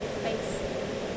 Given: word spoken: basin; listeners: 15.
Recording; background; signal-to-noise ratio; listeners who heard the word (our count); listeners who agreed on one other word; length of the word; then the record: one English word in noise, from a listening test; speech-shaped noise; -5.8 dB; 2 of 15; 8 of 15; 0.78 s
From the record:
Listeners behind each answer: 8, 2, 2, 1, 1, 1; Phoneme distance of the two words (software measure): 17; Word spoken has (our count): 2 syllables, 4 phonemes, stress on syllable 1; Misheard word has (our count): 1 syllable, 3 phonemes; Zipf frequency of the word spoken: 3.48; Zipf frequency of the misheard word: 5.44